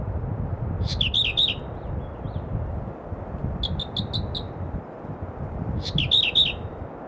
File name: firethroat -Calliope-pectardens